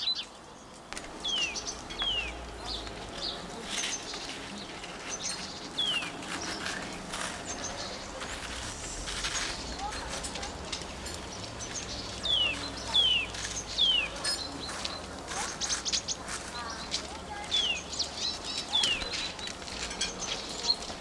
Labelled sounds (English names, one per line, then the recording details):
Great Tit song
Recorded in the wild
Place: Oberstdorf, Bayern, DE
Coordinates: 47.4436, 10.2944
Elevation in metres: 849
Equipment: Uher 4000 Report
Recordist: Tretzel, Erwin